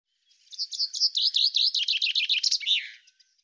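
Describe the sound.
Common chaffinch song, a quick series of bright repeated notes dropping slightly in pitch before a final flourish, lasting under three seconds.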